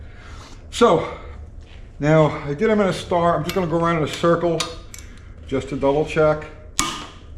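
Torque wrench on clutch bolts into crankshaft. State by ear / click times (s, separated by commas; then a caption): torque reached / 6.8 s. A torque wrench is used to double-check the bolts holding a nitro clutch to a Chrysler crankshaft, going around in a circle after they were tightened in a star pattern. Someone talks, then a single sharp metallic click of the torque wrench is heard at 6.8 s, confirming the bolt has reached torque.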